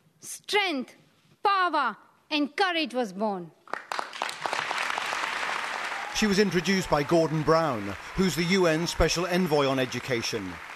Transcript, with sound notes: Strength, power, and courage was born.
(CHEERING AND APPLAUSE) She was introduced by Gordon Brown, who is the U.N.'s special envoy on education.